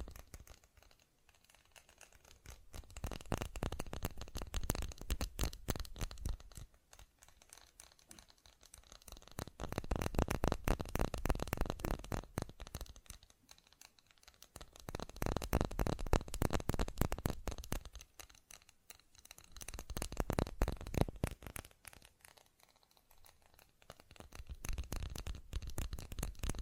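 Rapid, dense tapping comes in waves, swelling and fading roughly every six seconds, with crinkly, scratchy textures between bursts.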